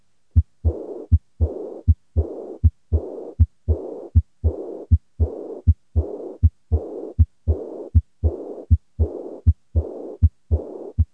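Adult heart: regular heartbeat near 80 a minute, each second sound followed by a blowing diastolic murmur, typical of aortic regurgitation.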